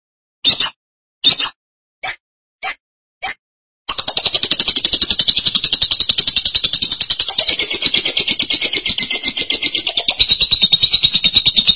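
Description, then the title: Lovebird song: five short, sharp high bursts, then a long, fast, unbroken run of buzzy, squeaky chatter. "BM Suara Burung Lovebird"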